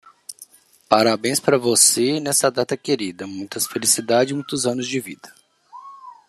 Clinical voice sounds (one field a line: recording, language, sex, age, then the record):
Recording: short text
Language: Brazilian Portuguese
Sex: male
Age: 30 to 39 years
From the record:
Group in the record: control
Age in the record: 37 years